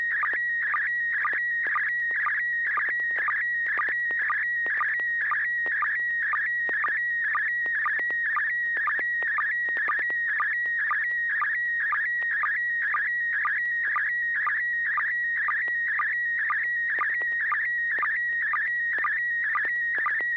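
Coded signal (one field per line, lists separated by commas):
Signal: SSTV (slow-scan television)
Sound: warbling tone sweeping around 2 kHz with regular short low sync pulses twice a second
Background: low hum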